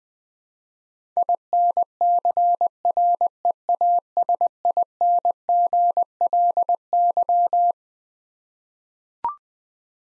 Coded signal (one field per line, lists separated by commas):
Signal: Morse code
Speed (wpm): 20 wpm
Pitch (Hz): 700 Hz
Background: none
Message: INCREASINGLY